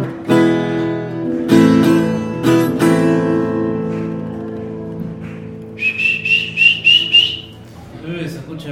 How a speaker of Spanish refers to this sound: Se escucha desde el patio ahí los chifletes. Se puso a bailar la gente.